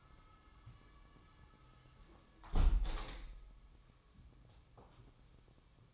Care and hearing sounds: daily activity, microphone in the room; close window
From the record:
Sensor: 1

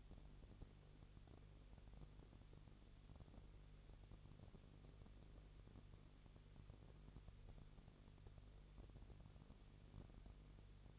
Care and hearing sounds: daily activity, microphone in the room; no activity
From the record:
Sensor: 4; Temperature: 22.3 degrees Celsius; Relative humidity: 32.8%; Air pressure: 1002.0 hPa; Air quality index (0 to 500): 185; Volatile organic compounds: 4 ppm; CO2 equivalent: 1631 ppm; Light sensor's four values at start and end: 2/3/1/1 and 2/3/1/1

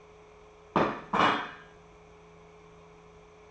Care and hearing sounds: daily activity, microphone in the room; place plate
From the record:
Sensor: 1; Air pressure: 1015.1 hPa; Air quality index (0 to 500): 200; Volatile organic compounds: 25 ppm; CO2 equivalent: 2825 ppm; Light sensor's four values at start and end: 24/60/25/30 and 28/68/29/34

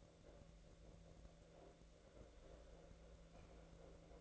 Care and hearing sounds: daily activity, microphone in the room; make coffee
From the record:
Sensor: 3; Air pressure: 1009.3 hPa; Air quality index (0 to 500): 198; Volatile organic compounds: 17 ppm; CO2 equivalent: 2564 ppm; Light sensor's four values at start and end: 33/84/35/38 and 33/84/35/38

